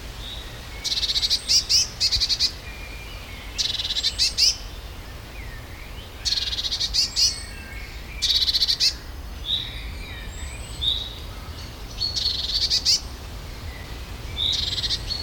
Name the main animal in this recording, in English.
Eurasian Blue Tit